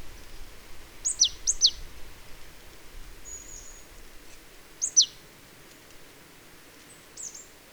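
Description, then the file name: Marsh tit calls: thin high notes that drop quickly in pitch, a pair near the start and another later, quiet background hiss. "Poecile palustris"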